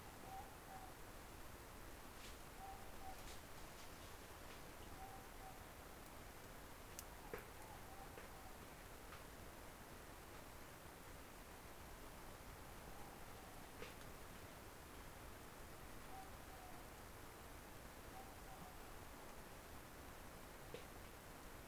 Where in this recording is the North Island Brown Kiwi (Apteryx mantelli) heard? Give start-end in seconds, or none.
none